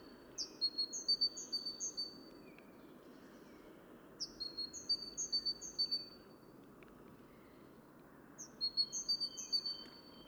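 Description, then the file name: Great tit giving three separate bouts of fast, high two-pitched notes. "Parus major"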